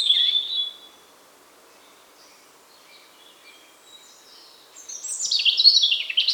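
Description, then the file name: European robin song opening with a high whistled phrase, soft thin notes through the middle, then a loud jangling cascade of high warbles at the close. "Erithacus rubecula"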